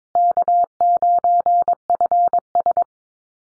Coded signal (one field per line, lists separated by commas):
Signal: Morse code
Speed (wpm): 22 wpm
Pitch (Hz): 700 Hz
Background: none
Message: K9FS